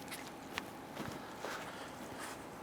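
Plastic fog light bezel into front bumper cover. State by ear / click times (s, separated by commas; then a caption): seated / 0.6 s. A plastic fog light bezel is lined up and pushed into the front bumper cover of a 2002-2008 Dodge Ram 1500 until its three rear tabs lock. One sharp, short snap is heard at 0.6 s, followed by softer handling bumps. The bezel is seated in the bumper.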